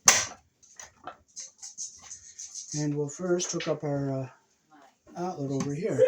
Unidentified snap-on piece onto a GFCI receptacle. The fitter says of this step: I can put this on here just snaps into place like this